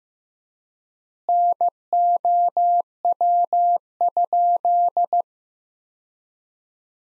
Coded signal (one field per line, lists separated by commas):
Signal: Morse code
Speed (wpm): 15 wpm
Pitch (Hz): 700 Hz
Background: none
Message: NOW?